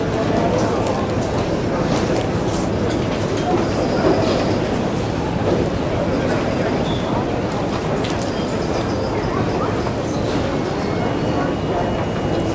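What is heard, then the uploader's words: Inside an airport terminal, a dense, steady wash of many voices talking at once fills the space, mostly low and murmuring with no single speaker standing out. Faint clicks and footsteps pass through, and brief higher tones ring out now and then. AIRPORT TERMINAL. MyNoise Terminal.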